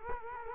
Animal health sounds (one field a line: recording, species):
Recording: mosquito wingbeat signal from an infrared sensor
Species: Culex quinquefasciatus